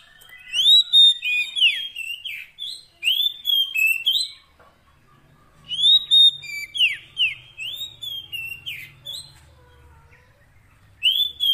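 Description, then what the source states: Oriental magpie-robin giving clusters of clear, downslurred and upswept whistles, pausing between bursts, with a faint low rumble midway. Long-duration fill-in (isian) recording of kacer song, meant to make the bird sing actively day and night.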